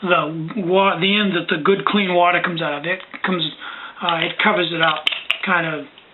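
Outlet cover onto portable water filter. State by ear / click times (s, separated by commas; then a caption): not seated / none. Someone talks while handling the protective cover for the clean-water outlet end of a Micron Tec portable water filter, which covers the outlet to prevent cross contamination. The cover has not yet clicked or locked into place by the end of the clip.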